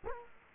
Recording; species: mosquito wingbeat signal from an infrared sensor; Culex quinquefasciatus